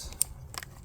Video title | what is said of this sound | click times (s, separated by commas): Ford Mustang 3.7 V6 Spark Plug Replacement | and press and you should hear like a little click and they'll come out and then we just do the same thing | 0.2 s